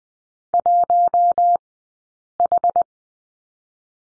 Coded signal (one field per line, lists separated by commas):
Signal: Morse code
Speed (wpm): 20 wpm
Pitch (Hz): 700 Hz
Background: none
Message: 1H